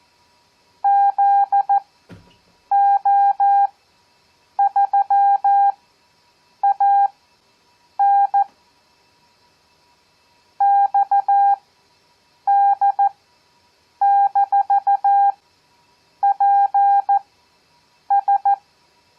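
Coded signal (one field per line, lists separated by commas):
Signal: Morse code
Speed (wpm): 14 wpm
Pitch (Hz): 800 Hz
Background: none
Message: ZO3AN XD-PS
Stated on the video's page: Receiving practice of random five-character groups at 14 WPM with Farnsworth spacing at 7 WPM, audio only.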